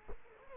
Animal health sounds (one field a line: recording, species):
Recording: mosquito wingbeat signal from an infrared sensor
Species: Culex quinquefasciatus